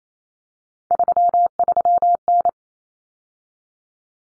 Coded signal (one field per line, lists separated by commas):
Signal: Morse code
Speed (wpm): 28 wpm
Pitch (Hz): 700 Hz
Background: none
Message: 33N